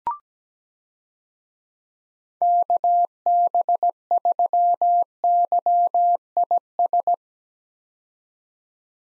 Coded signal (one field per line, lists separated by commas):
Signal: Morse code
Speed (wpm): 17 wpm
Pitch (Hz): 700 Hz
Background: none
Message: KB3YIS